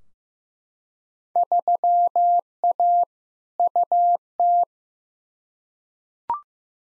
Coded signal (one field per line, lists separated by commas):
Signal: Morse code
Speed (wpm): 15 wpm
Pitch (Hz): 700 Hz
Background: none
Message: 3A UT